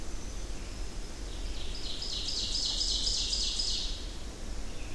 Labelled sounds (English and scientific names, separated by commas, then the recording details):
Ovenbird (Seiurus aurocapilla) song
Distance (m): 40 m
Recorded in boreal forest in Alberta, Canada, on 25 June 2016 at 08:21
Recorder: SongMeter 3, array SBT-6-76
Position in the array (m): 30 m, 108 m
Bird 2